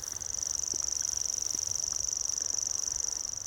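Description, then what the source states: Common Grasshopper Warbler reeling song, a continuous, very high, insect-like trill of rapid even pulses held without a break throughout. Recorded 17 June 2023 in tall, dense grass of wetland habitat; called the River Warbler's cousin, its song chirps rather than buzzes, somewhat like a cricket combined with a bush-cricket.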